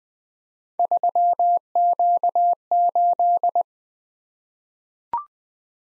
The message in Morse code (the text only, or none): 3Q8